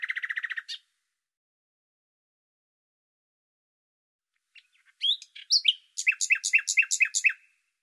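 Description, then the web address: Bird song: a quick trill, a few seconds of silence, then chirps, sweeping notes and a rhythmic run of high doubled notes. "Deverinetal 2025"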